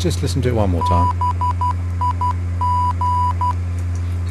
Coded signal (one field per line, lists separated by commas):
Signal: Morse code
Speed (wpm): 12 wpm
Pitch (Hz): 990 Hz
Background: speech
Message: BIG